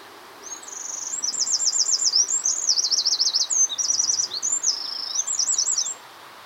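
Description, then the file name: Eurasian wren song: a shrill, fast-paced burst of varied trills and rattling note series lasting about five seconds, then quiet. "Troglodytes troglodytes"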